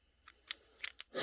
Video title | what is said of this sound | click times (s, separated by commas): T8.1 shooting | and it just clicks into place | 1.0 s